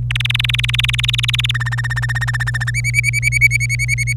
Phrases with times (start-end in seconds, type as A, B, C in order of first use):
0.10-1.51 A, 1.54-2.70 B, 2.74-4.13 C